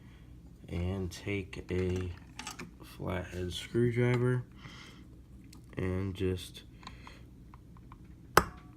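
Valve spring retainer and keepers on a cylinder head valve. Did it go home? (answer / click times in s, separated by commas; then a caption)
yes / 8.4 s. Someone talks while a flathead screwdriver presses down on an 18 lb valve spring and retainer to set the keepers on a valve in an engine's cylinder head, with faint taps and ticks in between. A loud, sharp click at 8.4 s marks the keepers seating.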